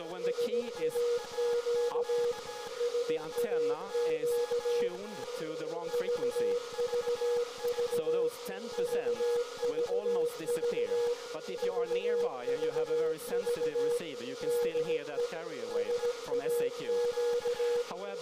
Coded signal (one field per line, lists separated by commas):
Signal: Morse code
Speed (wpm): 17 wpm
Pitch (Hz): 480 Hz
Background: speech, music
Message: SAQ SAQ VVV VVV VVV DE SAQ